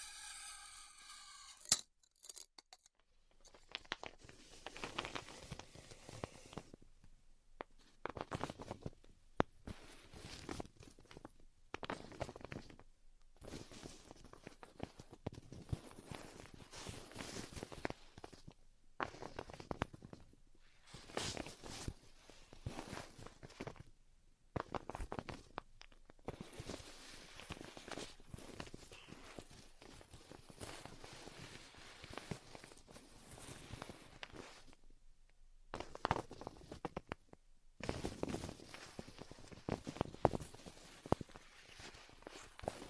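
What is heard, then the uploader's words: Styrofoam heat cutting: a dense, crackling hiss that runs in bursts of a few seconds, broken by brief silent gaps every few seconds. A faint tone sounds in the first two seconds, then the cutting noise stays fairly even in loudness with scattered sharper clicks. ASMR Styrofoam Heat Cutting (No Talking).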